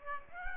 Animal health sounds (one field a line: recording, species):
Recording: mosquito wingbeat signal from an infrared sensor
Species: Aedes aegypti